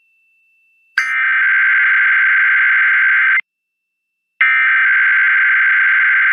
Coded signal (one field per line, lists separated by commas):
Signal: Emergency Alert System (SAME) tones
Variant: header bursts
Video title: Washington D.C. Emergency Alert System (EAS) Required Monthly Test (RMT) WTOP-FM (January 2020)